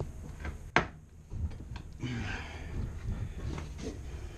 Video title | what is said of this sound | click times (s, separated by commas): Magvent Dryer Vent unboxing, installation, and review. Cool new product installed and tested! | All right, so as you can see, we manipulated that bracket just a little. Our Magvent is clicked in place. | 0.8 s